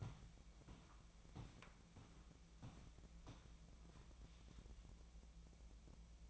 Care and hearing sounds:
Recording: daily activity, microphone in the room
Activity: walk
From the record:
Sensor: 1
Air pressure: 1012.2 hPa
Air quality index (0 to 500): 179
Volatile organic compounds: 3 ppm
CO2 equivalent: 1468 ppm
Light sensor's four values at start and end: 48/130/53/65 and 47/129/52/65

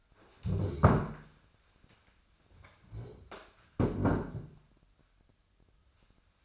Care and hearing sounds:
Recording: daily activity, microphone in the room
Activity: stand up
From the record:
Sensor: 2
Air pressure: 1015.2 hPa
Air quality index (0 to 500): 132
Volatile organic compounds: 5 ppm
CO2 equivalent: 1708 ppm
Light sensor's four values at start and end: 12/33/13/14 and 12/33/13/14

